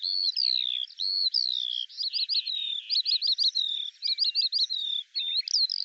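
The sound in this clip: Eurasian skylark song: long sliding whistles give way to quick repeated chirping phrases and scratchy trills, all high and continuous.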